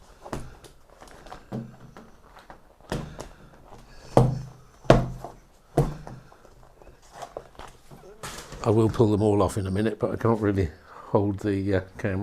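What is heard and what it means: Greased press studs holding the fabric convertible soft top to the body of a Triumph Herald 13/60 are pulled off one by one; the studs were coated with Vaseline so they click into place more easily. Each stud snaps open with a sharp pop at 0.3, 2.9, 4.2, 4.9 and 5.8 seconds, releasing the hood fabric. Afterwards someone talks.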